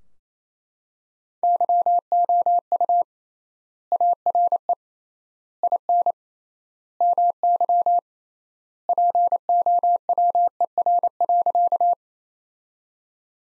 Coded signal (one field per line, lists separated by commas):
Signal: Morse code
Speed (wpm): 28 wpm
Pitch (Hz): 700 Hz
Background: none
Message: YOU ARE IN MY POWER.